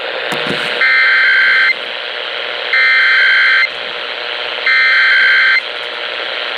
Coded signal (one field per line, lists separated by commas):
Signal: Emergency Alert System (SAME) tones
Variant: header bursts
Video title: STARTING OFF WITH A BANG... || EAS Alerts from January 2023 (EAS #1,535-1,573)